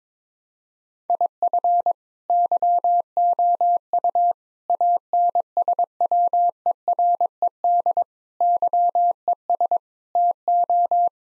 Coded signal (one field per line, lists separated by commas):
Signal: Morse code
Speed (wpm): 21 wpm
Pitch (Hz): 700 Hz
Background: none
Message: IF YOU ANSWERED YES TO